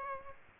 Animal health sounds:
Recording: mosquito wingbeat signal from an infrared sensor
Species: Aedes aegypti

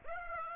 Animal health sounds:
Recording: mosquito wingbeat signal from an infrared sensor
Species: Aedes aegypti

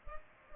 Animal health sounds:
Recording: mosquito wingbeat signal from an infrared sensor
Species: Culex pipiens

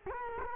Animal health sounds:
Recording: mosquito wingbeat signal from an infrared sensor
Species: Culex quinquefasciatus

